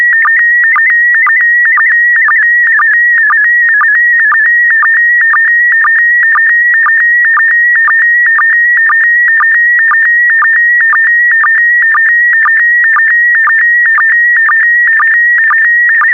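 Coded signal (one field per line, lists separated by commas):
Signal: SSTV (slow-scan television)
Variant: PD120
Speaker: complete you can now check your decoded image against the picture that is shown on the video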